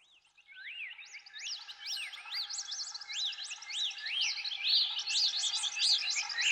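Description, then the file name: Nightingale song: a series of clear whistled notes, each rising then falling, growing louder. "solovei"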